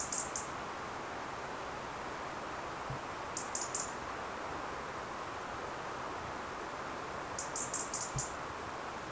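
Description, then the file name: European robin calling with short, high-pitched, thin notes in small bursts of several notes, spaced several seconds apart against constant low hiss. "Erithacus rubecula"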